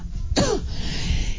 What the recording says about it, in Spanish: Me van a escuchar toser porque tengo una tos profunda en el día de hoy, más que la de ayer.